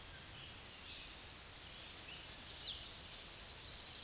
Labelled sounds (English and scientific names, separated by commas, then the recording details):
Tennessee Warbler (Leiothlypis peregrina) song
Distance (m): 20 m
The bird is about 15 m above the microphone
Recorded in a Pennsylvania forest on 16 May 2024 at 09:05
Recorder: AudioMoth, point MSD-2074
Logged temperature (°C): 16.3 °C
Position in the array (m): 180 m, 213 m